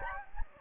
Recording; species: mosquito wingbeat signal from an infrared sensor; Anopheles gambiae